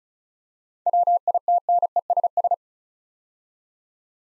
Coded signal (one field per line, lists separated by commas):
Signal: Morse code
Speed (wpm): 36 wpm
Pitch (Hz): 700 Hz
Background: none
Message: WITNESS